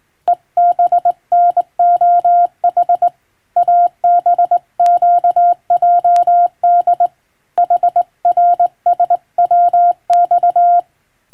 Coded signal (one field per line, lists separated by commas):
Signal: Morse code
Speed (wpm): 21 wpm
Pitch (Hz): 700 Hz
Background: none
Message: EBNOH ABQJD HRSWX